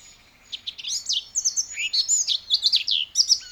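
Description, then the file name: Eurasian blackcap singing a short, scratchy burst of high twittering and slurred notes over a faint low background hiss. "Sylvia atricapilla"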